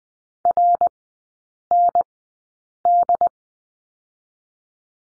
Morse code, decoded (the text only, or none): RND